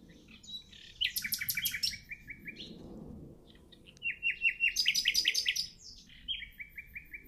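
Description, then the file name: Common nightingale song in two main bursts, each a rapid rattling series of repeated notes mixed with higher buzzy elements, separated by a quiet gap and followed by a softer short series of notes. "Luscinia megarhynchos"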